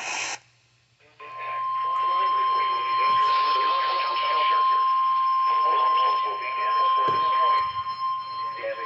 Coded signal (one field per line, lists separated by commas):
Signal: Emergency Alert System (SAME) tones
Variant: 1050 Hz attention tone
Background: speech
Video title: No End In Sight... | EAS #3417-3812 (Severe Weather Alerts from 5/26-27/2022)